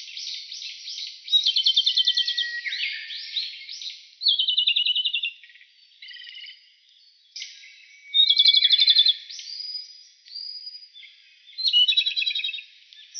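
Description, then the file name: Japanese robin song, loud phrases opening with a clear note then a rapid rattling trill, repeated every few seconds with softer twittering between. Recorded 11 April 2018. "komadori 180411"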